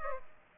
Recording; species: mosquito wingbeat signal from an infrared sensor; Aedes aegypti